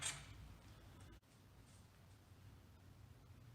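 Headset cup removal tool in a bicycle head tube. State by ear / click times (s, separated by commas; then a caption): not seated / none. A headset cup removal tool has its prongs squeezed by fingers as it is fed further up into the head tube of a vintage road bike from the bottom. A brief bright scrape of handling at the very start gives way to quiet, low rustling and faint metallic contact. Nothing has clicked or seated yet.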